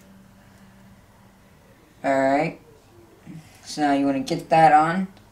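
Someone talks while handling a plastic building-block part of a LiteBee Wing FM micro-drone arm, about to push it on so its small plastic clip snaps into place. Only quiet handling and speech are heard; nothing has seated or clicked yet.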